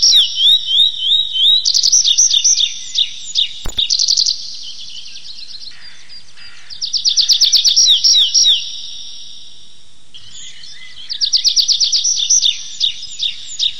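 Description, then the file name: Tree pipit delivering several bursts of fast, high trills separated by pauses, with a sharp click near four seconds. "lesnoj konek anthus trivialis"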